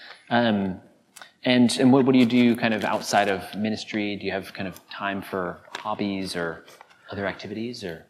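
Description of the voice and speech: A man's clear, fluent conversational question about hobbies, at ordinary pitch and pace, in a small quiet room.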